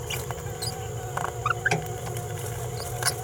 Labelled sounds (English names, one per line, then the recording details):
Green-rumped Parrotlet babbling
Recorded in a nest box in Venezuela
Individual 18B17A4